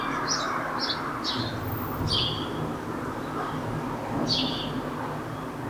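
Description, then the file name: House sparrow chirps: four short notes, a pause, then another chirp, over a constant low rumble. "Passer domesticus"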